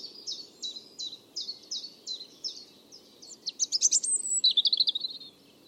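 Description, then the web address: European robin song opening with a series of evenly repeated high, thin notes, then a rapid, shimmering trill and a twittering close, over low hiss. "Deverinetal 2025 File origin Bird Only Er Ru"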